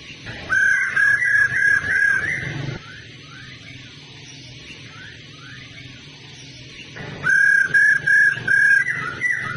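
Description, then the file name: Laughingthrush repeating bright, evenly spaced whistled notes in two runs separated by several seconds of faint slurred calls and low hum. Female bird; sound used to stimulate male birds to sing. "Tieng khuou mai ro kich trong hot"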